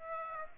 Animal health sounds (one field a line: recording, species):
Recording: mosquito wingbeat signal from an infrared sensor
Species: Aedes aegypti